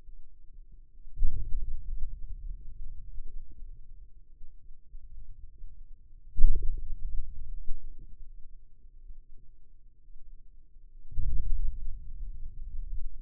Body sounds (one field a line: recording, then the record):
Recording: forearm muscle sounds (acoustic myography)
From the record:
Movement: hand opening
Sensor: system 2, bracelet of six BSWA MPA416 microphones around the upper forearm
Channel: 6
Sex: male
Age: 22 years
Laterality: right